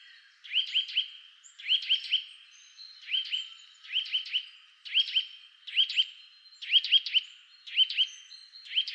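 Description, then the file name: Eurasian nuthatch giving repeated groups of sharp rising notes, usually three per burst, spaced about a second apart, with softer high chirps behind. "Sitta europaea"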